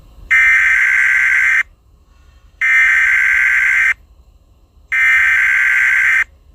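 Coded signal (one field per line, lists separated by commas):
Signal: Emergency Alert System (SAME) tones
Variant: header bursts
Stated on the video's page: Fictional Emergency Alert System scenario about a character attacking people; simulated, not a real alert.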